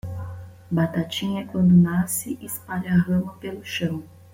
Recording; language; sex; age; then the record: short text; Brazilian Portuguese; female; 30 to 39 years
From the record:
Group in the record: control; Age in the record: 34 years